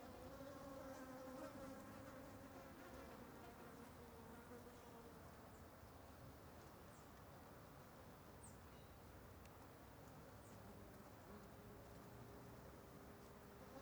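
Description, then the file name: Fly: many flies drone together in a constant, wavering buzz, pitches sliding gently, with a few faint higher ticks in the background. Ambience of many flies flying over something. "Ambiencia de Muitas Moscas Sobrevoando algo"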